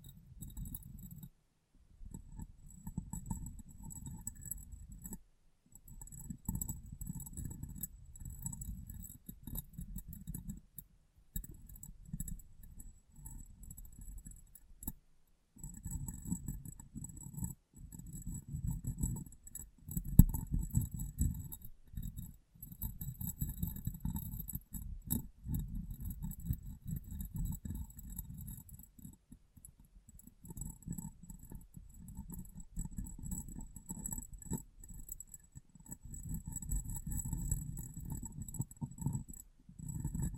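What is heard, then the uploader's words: Tapping and cleaning on a glass brain, heard as dense, low rubbing and scrubbing that runs almost without pause, with brief silent gaps near 2, 5 and 15 seconds. Faint, thin ringing tones hang steadily above, and the level swells and eases throughout. ASMR Glass Brain Tapping & Cleaning (No Talking).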